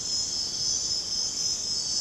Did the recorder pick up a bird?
no